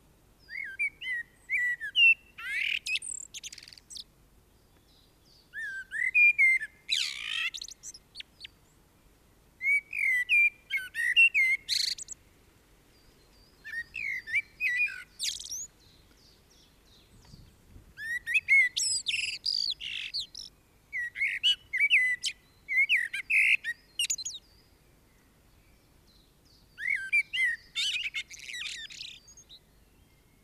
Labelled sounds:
Common Blackbird (Turdus merula) song

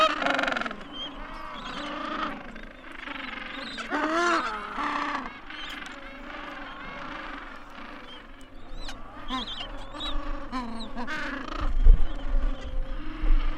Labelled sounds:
Gentoo Penguin (Pygoscelis papua) call

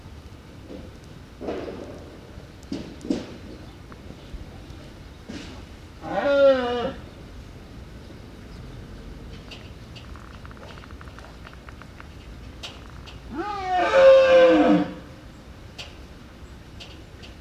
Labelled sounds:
Wapiti (Cervus canadensis) rut call

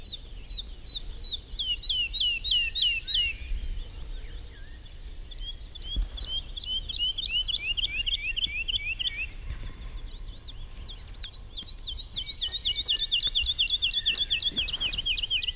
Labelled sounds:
Wood Lark (Lullula arborea) song

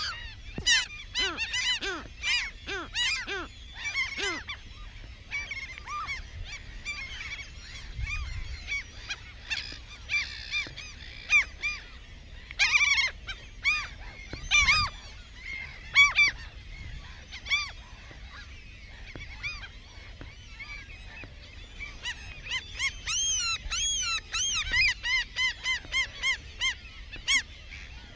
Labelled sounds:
Mediterranean Gull (Ichthyaetus melanocephalus) call

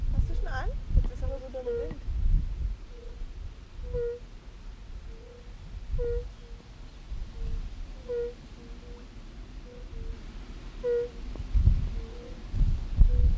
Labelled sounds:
Fire-Bellied Toad (Bombina bombina) call

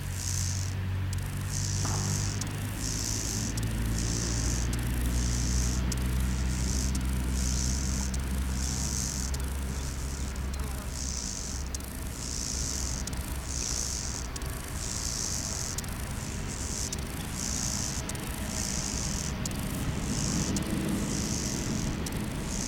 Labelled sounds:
Lesser Marsh Grasshopper (Chorthippus albomarginatus) stridulation

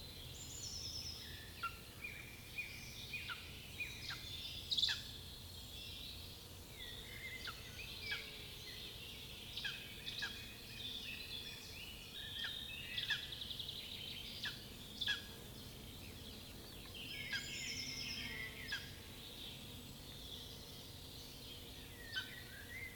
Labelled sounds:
Lesser Spotted Eagle (Aquila pomarina) call

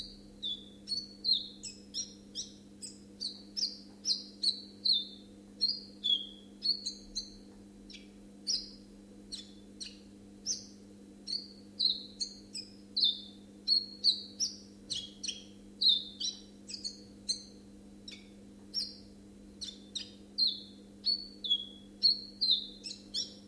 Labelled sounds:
Common Chiffchaff (Phylloscopus collybita) song

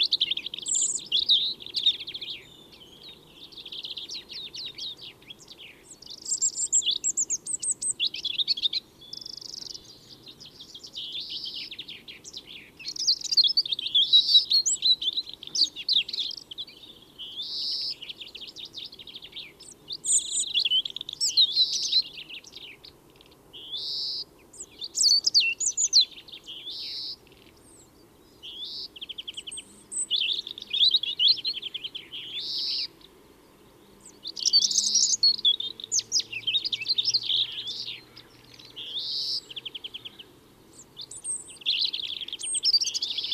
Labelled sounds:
European Robin (Erithacus rubecula) song

